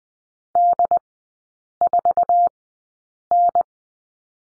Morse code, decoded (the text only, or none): D4N